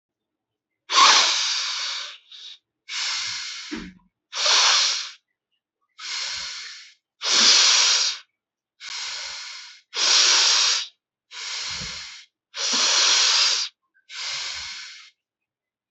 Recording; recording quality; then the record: deep breathing; excellent, no background noise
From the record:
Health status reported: healthy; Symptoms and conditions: none ticked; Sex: male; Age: 21 years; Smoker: not ticked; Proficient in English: no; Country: India